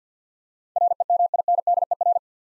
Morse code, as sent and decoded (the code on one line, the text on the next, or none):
.-. . -- .. -. -.. . .-.
REMINDER